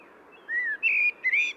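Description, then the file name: Common blackbird whistling three short, fluting notes in quick succession, the last rising slightly, over a steady hiss. "Turdus merula"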